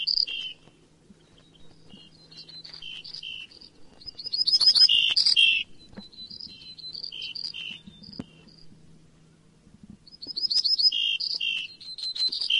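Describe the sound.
Bird singing in bursts of rapid, bright, high chirps and trills, loudest around five and eleven seconds, with a faint low hum at times.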